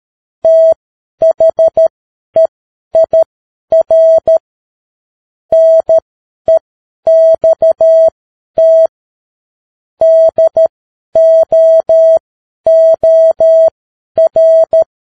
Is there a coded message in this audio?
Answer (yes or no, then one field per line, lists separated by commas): yes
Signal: Morse code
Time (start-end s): 0.5-14.8 s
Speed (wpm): 13 wpm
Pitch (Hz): 650 Hz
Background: none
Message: THEIR NEXT DOOR